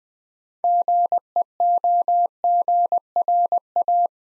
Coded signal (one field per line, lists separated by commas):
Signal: Morse code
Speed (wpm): 20 wpm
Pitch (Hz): 700 Hz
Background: none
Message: GEOGRA